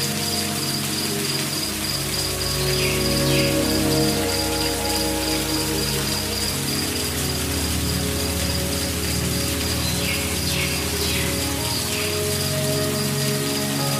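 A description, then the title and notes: A jungle waterfall roars in a steady, dense wash, with a low rumble swelling in the middle and faint chirps in the background. The Soothing Nature Sounds of a Jungle Waterfall.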